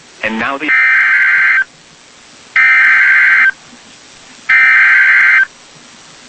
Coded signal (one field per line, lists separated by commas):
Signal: Emergency Alert System (SAME) tones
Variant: header bursts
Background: speech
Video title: BACK INTO THE ACTION. (pause...) | EAS Alerts from July 10, 2020 (EAS #548-579)